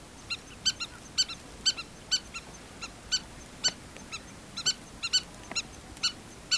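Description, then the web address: Southern lapwing calling with piercing, clipped notes, some paired, repeated at an uneven pace against quiet background noise. "earth naturelibrary assets s so southern lapwing"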